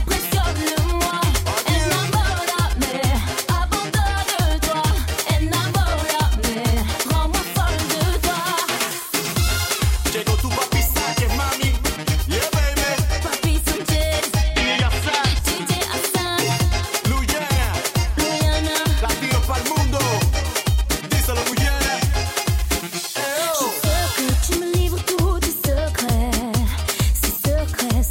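A Friday evening at the St Savin bowling alley, filled with loud, dense dance music. A heavy, steady kick beat thumps about twice a second throughout, under bright, busy layers. The low end briefly drops out around 9 and 23 seconds.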